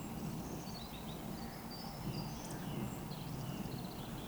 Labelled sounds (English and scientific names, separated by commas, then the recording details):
Eurasian Woodcock (Scolopax rusticola)
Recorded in Baden-Württemberg, Germany, on 16 June 2020 at 19:41 UTC
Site 14569, 102 m above sea level